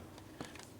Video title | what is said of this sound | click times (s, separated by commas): REPAIR VLOG: upgrading shocks on the F3! (Permobil) | and they should click into place what that does is spread those fingers apart and hold it in here a little bit firmer | 0.4 s, 0.6 s